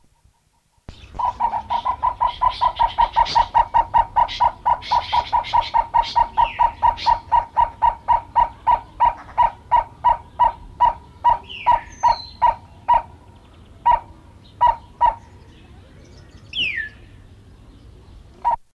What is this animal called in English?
Purple-crested Turaco